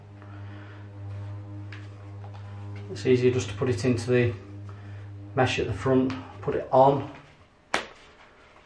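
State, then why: Seated. A round pre-filter is put into the mesh at the front of a Sundstrom SR100 half-face respirator used for spray painting, and then the plastic pre-filter guard is snapped on over it. Someone talks over a low steady hum with a few faint knocks, and a sharp snap at 7.7 s marks the guard seating onto the mask.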